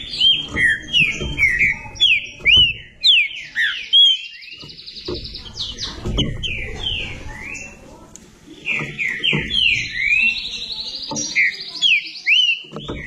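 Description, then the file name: Green-winged saltator song in two long bursts of rapid whistled falling notes, separated by a quieter pause, with some low thumping noise. "canto do trinca ferro"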